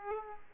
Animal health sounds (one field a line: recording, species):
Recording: mosquito wingbeat signal from an infrared sensor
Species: Aedes aegypti